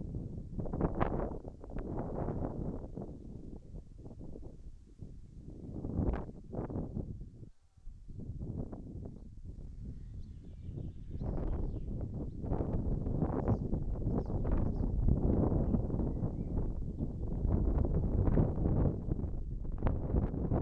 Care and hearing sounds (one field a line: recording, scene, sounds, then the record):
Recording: everyday scene through a hearing-aid microphone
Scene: wind on the microphone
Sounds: wind, birds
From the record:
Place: in front of a rural house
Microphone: behind the ear, right, front